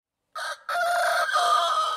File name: Κόκορας